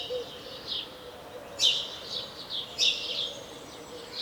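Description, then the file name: House sparrow giving two loud harsh chirps about a second apart, with softer twittering between them. "Passer domesticus"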